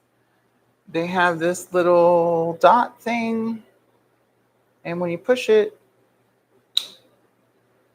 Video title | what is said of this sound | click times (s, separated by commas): Building Fuel Pump adapter flange for work's MTT43 tank | it locks into place. | 6.8 s